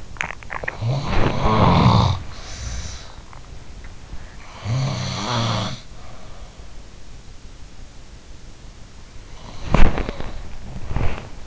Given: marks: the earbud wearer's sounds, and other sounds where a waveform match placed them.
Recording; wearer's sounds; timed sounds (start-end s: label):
sounds in sleep by an in-ear microphone; teeth grinding, body movement
0.00-1.06 s: teeth grinding
0.00-3.46 s: sound from someone else or the room
3.94-6.79 s: sound from someone else or the room
9.39-11.47 s: body movement